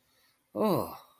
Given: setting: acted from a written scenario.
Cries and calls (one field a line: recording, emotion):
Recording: vocal sound without words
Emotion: negative surprise